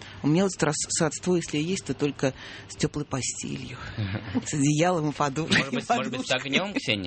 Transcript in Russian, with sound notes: У меня сродство если и есть, то только с теплой постелью, с одеялом и подушкой. (смеется) Может быть, с огнем, Ксения?